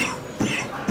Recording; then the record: coughing mixed with background sound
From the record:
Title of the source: Spring Cold Coughing 3